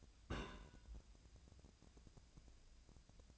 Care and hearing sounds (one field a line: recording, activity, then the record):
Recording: daily activity, microphone in the room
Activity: place on stove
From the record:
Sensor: 2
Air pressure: 999.8 hPa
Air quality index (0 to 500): 123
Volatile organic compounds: 2 ppm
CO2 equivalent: 1064 ppm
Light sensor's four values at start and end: 34/84/37/41 and 34/84/37/41